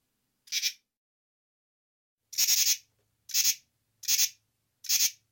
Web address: Crickets and Katydids Pteryphylla camellifolia, male calls